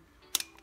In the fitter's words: là c'est enclenché on peut commencer à mettre dans le conduit